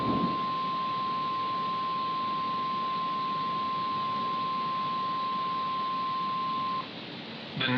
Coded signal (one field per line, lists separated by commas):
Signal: Emergency Alert System (SAME) tones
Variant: 1050 Hz attention tone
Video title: “Nightmare in New York” (EAS Scenario)